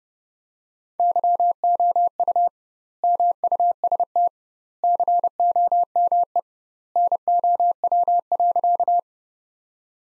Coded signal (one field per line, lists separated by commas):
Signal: Morse code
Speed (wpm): 30 wpm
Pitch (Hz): 700 Hz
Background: none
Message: YOU MUST COME NOW.